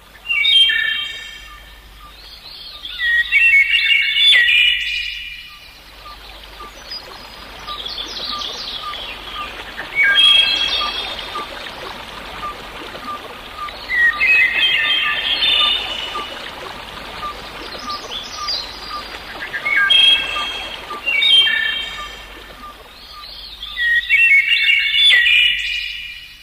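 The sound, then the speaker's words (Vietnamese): A nightingale hidden in a bush beside a pond sings in bright, trilling bursts of high, rapid notes, about five phrases spaced a few seconds apart, over a steady hiss like flowing water. “Một con họa mi nấp trong bụi rậm mọc sát bờ ao cất tiếng hát líu lo.”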